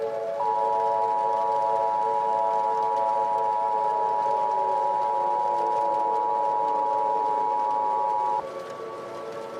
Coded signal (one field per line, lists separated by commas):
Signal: Emergency Alert System (SAME) tones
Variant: 853 and 960 Hz attention tone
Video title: IN THE PRAIRIE [a gmod EAS scenario recreation]